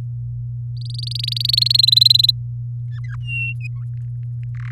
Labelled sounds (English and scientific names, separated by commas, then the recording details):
Domestic Canary (Serinus canaria) song
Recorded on 4 May 2018 at 06:27
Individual llb16